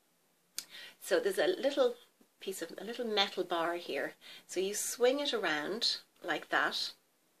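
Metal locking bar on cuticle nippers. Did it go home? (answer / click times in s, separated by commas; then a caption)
no / none. Someone talks while handling a pair of cuticle nippers, swinging the small metal locking bar around to engage the spring, with a brief sharp sound at 0.6 s as the talking begins. The clip ends before the bar clicks into place, so nothing has seated or clicked yet.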